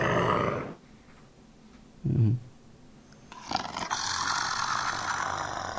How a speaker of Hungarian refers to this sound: Meghallgathatjuk, hogy milyen hangja volt, mondjuk ez lehet egy másik farkasnak a kérdés, hangja. Hogy ez mennyire hiteles így.